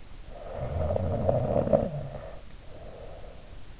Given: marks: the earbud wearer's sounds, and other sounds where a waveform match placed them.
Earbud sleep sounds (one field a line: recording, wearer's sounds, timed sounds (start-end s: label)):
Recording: sounds in sleep by an in-ear microphone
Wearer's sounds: snoring breath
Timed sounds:
0.31-3.57 s: snoring breath